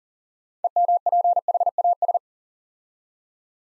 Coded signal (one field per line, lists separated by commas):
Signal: Morse code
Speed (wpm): 40 wpm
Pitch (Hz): 700 Hz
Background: none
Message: EMPHAS